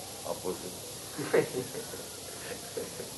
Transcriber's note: laughter